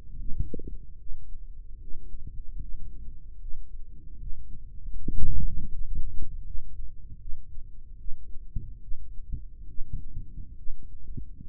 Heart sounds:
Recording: heart sounds by microphone in the right ear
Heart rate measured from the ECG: 74 bpm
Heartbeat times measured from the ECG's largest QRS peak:
0.19 s: heartbeat
0.99 s: heartbeat
1.80 s: heartbeat
2.61 s: heartbeat
3.40 s: heartbeat
4.19 s: heartbeat
4.96 s: heartbeat
5.72 s: heartbeat
6.45 s: heartbeat
7.20 s: heartbeat
7.99 s: heartbeat
8.82 s: heartbeat
9.69 s: heartbeat
10.58 s: heartbeat
11.48 s: heartbeat
From the record:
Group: healthy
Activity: rest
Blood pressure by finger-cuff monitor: 118/86 mmHg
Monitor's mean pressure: 102 mmHg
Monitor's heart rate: 76 bpm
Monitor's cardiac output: 3.3 L/min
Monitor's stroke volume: 43 mL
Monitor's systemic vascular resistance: 2180 dyn s/cm5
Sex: male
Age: 55 years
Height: 167 cm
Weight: 57.2 kg

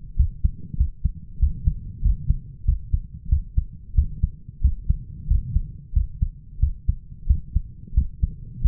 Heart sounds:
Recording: heart sounds by stethoscope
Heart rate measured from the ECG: 92 bpm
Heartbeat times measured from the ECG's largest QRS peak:
0.18 s: heartbeat
0.79 s: heartbeat
1.41 s: heartbeat
2.04 s: heartbeat
2.67 s: heartbeat
3.31 s: heartbeat
3.97 s: heartbeat
4.63 s: heartbeat
5.29 s: heartbeat
5.95 s: heartbeat
6.61 s: heartbeat
7.29 s: heartbeat
7.96 s: heartbeat
8.63 s: heartbeat
From the record:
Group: healthy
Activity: rest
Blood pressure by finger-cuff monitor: 158/98 mmHg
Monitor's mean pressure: 114 mmHg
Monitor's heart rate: 91 bpm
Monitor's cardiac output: 7.3 L/min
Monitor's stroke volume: 77 mL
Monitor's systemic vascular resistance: 1180 dyn s/cm5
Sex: male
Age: 21 years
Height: 175 cm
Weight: 72.6 kg

